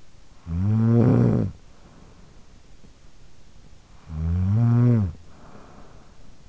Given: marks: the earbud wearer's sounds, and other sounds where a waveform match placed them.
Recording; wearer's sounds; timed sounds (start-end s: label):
sounds in sleep by an in-ear microphone; snoring breath
0.12-2.82 s: snoring breath
3.37-6.49 s: snoring breath